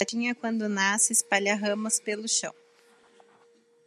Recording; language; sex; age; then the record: short text; Brazilian Portuguese; female; 30 to 39 years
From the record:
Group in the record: control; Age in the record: 39 years